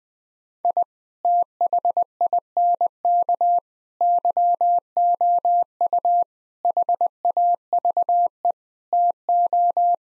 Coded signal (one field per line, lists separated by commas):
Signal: Morse code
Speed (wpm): 20 wpm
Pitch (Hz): 700 Hz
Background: none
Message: I THINK YOU HAVE TO